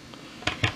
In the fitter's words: I heard it pop like three times and now it stopped it's all the way in